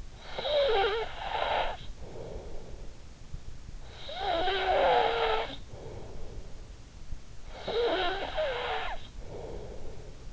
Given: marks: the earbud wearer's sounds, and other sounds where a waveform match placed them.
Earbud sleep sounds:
sounds in sleep by an in-ear microphone; snoring breath
0.00-3.25 s: snoring breath
3.48-6.97 s: snoring breath
7.48-10.33 s: snoring breath

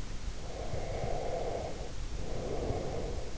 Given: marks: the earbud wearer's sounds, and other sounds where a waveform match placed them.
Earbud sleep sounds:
sounds in sleep by an in-ear microphone; breath
0.36-3.38 s: breath

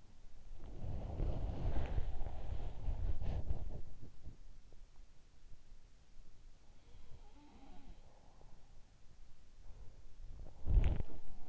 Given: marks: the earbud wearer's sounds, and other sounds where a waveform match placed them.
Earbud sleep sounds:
sounds in sleep by an in-ear microphone; body movement
0.00-4.62 s: body movement
1.83-4.15 s: sound from someone else or the room
6.65-9.06 s: sound from someone else or the room
9.40-11.49 s: body movement
10.38-11.49 s: sound from someone else or the room

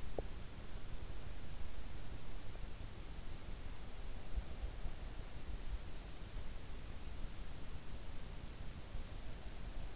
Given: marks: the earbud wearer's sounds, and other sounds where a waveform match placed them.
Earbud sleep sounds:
sounds in sleep by an in-ear microphone; teeth grinding
0.00-0.45 s: teeth grinding

